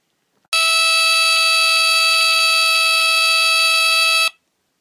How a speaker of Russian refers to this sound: Так продолжалось до тех пор, пока Тайкус не сделал еще 4 рейса вверх с вагонеткой и не услышал вой ревуна, созывающий их всех на получение обеденного пайка.